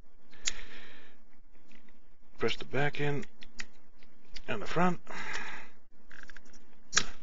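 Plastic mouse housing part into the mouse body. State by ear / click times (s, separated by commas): seated / 7.0 s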